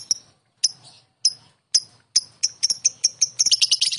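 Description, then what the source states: Lovebird song beginning as separate sharp, high chirps about half a second apart that speed up into a fast, dense chatter by the end. Konslet song style.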